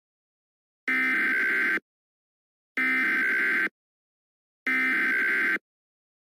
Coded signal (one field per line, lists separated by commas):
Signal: Emergency Alert System (SAME) tones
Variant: header bursts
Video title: Amber Alert from last night (EAS #21) 2022/02/27